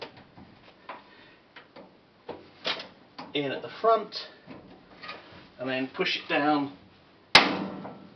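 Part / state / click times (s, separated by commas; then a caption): filing frame clip into steel cupboard side panel / seated / 7.3 s. A metal suspension filing frame clip is pushed down into the hole in the side of a steel cupboard until its knob locks into place. Someone talks over faint handling taps, then a single sharp metallic knock at 7.4 s marks the clip seating.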